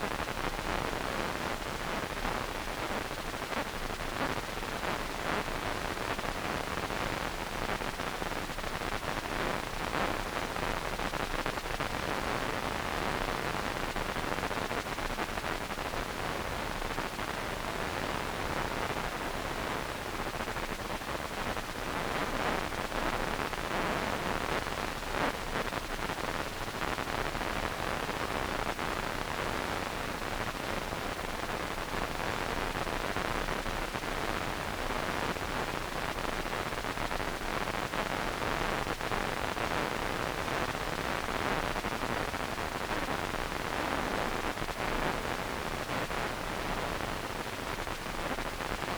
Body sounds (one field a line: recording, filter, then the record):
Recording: brain microelectrode recording played as sound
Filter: wide band, above 20 Hz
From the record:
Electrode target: subthalamic nucleus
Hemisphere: right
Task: reaching with the left hand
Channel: 2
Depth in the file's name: 5.102 mm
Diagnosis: Parkinson's disease